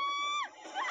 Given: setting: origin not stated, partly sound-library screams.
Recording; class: one-second piece from a danger detection set; woman in danger